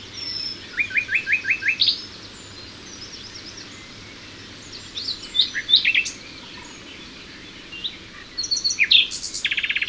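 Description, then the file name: Common nightingale song: a row of short repeated chirps, varied phrases midway, then a rapid mechanical trill at the end. "Luscinia megarhynchos"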